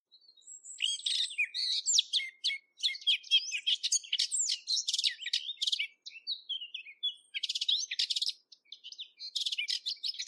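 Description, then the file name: Eurasian blackcap song, a fast run of high, varied warbling notes and clear whistles in bursts separated by short pauses. "capinera"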